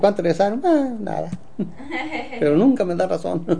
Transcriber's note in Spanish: risas